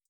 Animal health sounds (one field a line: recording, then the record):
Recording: hydrophone in a shrimp aquaculture tank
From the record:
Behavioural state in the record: feeding